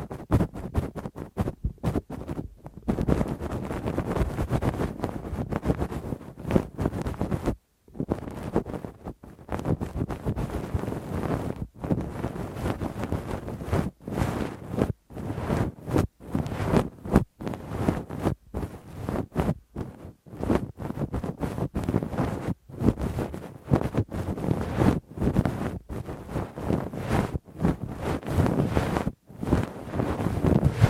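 Rough, scratchy rubbing of a Q-tip and ear pick deep in the ear, a dense low rumbling scrape with crackling texture. The scraping comes in bursts separated by brief silent gaps, frequent and irregular throughout, with loud strokes recurring every second or two.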